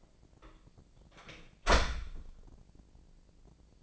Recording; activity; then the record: daily activity, microphone in the room; close door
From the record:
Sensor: 5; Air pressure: 1012.4 hPa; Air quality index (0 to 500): 158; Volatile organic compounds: 2 ppm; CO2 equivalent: 1081 ppm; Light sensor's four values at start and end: 279/677/285/313 and 274/665/280/307